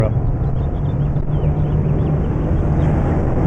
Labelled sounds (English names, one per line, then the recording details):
House Finch song
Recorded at Neponsit on Long Island, New York, on 4 June 1975
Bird C